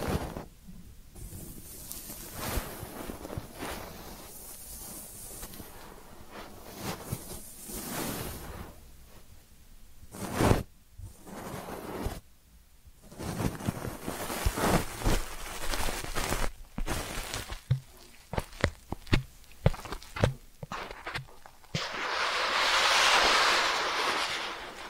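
Ear cleaning sounds made of soft rubbing, scratching and rustling, with bursts of hiss that come and go unevenly. Short sharp taps and crackles cluster after about fifteen seconds, and a louder, brighter swishing sweep rises near the end.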